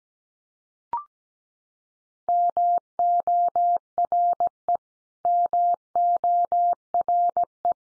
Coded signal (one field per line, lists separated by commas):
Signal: Morse code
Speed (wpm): 17 wpm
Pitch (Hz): 700 Hz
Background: none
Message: MORE MORE